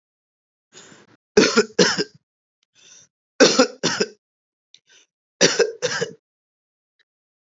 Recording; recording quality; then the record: shallow voluntary cough; excellent, no background noise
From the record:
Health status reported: recovered from COVID-19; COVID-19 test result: negative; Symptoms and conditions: fatigue, muscle pain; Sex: male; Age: 41 years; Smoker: not ticked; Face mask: not worn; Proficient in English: yes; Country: India